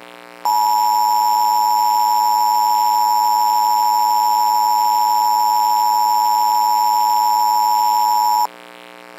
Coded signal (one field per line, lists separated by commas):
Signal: Emergency Alert System (SAME) tones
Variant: 853 and 960 Hz attention tone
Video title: EAS Recreation - TORNADO EMERGENCY for Custer City, OK! (May 19, 2024)